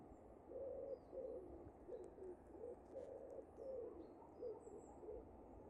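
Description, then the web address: Common wood pigeon cooing: a soft, low series of hooting coos in a repeated phrase rhythm, with faint high chirps from other birds behind it. "cianscape. Deverinetal. Bird Only"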